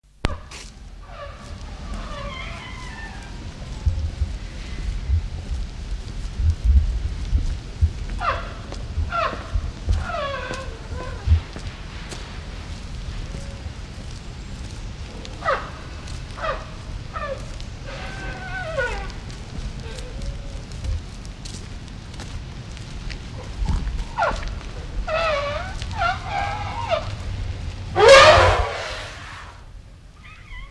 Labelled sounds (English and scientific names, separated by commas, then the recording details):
Asian Elephant (Elephas maximus) call
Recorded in captivity
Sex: female
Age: adult
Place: Zoo Leipzig, Sachsen, DE
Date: 1977-09-14
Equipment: Nagra SN, Kopie Uher Variocord
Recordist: Tembrock, Günter
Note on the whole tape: Laute eines weiblichen Tieres, ein anderes "beschützend", Abstand ca. 15 m